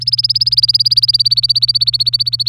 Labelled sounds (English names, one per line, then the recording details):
Domestic Canary song
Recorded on 24 April 2018 at 17:17
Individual llb3